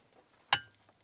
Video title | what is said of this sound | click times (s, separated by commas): D-MAX MUX Auto Torque Converter Lock-Up Kit - INSTALL & ROAD TEST - BOOSTEC | just like that so it clicks into place then you know you are all good so that's that one | 0.5 s